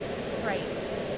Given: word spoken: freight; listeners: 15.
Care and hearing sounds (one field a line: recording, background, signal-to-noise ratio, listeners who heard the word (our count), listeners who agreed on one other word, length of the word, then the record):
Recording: one English word in noise, from a listening test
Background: speech-shaped noise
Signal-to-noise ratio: -4.9 dB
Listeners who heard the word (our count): 0 of 15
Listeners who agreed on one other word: 9 of 15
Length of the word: 0.78 s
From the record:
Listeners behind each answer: 9, 4, 1, 1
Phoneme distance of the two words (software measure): 10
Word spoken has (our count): 1 syllable, 4 phonemes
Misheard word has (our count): 1 syllable, 4 phonemes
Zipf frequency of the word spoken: 3.37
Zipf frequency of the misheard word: 6.00